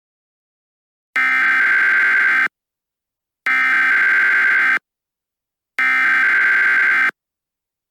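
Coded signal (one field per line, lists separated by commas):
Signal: Emergency Alert System (SAME) tones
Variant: header bursts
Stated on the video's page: Mock alert.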